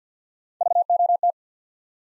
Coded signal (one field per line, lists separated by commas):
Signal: Morse code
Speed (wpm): 48 wpm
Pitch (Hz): 700 Hz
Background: none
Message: VOT